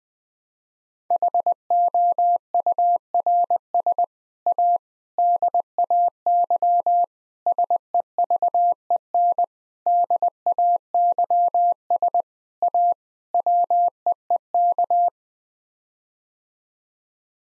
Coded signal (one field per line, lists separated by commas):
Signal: Morse code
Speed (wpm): 21 wpm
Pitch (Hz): 700 Hz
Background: none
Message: HOURS A DAY SEVEN DAYS A WEEK